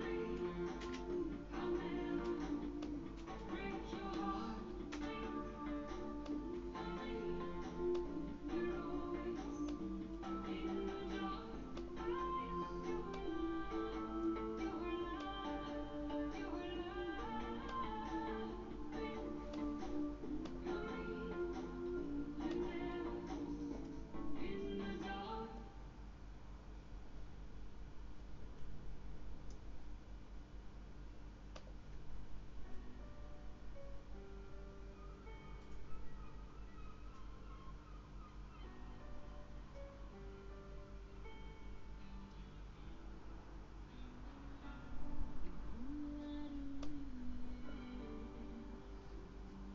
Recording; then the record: background sound without coughing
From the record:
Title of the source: BackgroundMusic3